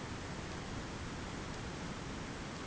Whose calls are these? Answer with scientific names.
none